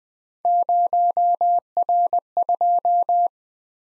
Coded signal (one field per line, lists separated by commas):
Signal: Morse code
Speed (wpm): 20 wpm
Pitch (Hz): 700 Hz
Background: none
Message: 0R2